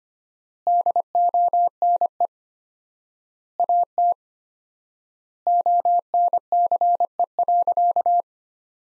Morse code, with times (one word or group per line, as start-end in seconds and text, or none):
0.7-2.3 DONE
3.6-4.1 AT
5.5-8.2 ONCE.